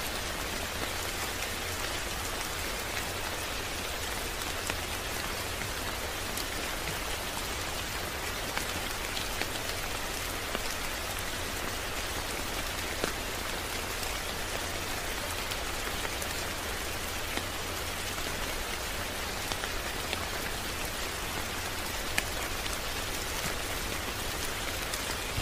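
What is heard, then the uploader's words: Gentle rain falls steadily on a street, a dense, even hiss that holds without change for the whole stretch. Faint patters and small drop ticks sit within the wash, over a low, soft rumble underneath. Gentle Rain Falling On The Street.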